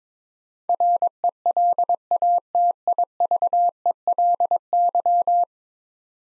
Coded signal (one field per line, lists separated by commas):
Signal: Morse code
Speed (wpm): 21 wpm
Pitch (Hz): 700 Hz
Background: none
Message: RELATIVELY